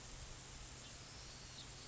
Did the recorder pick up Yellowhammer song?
no